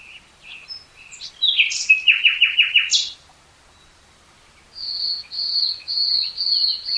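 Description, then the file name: Common nightingale song: scattered chirps, then a run of loud repeated notes, a silent pause, and a string of high thin whistled notes. "Luscinia megarhynchos"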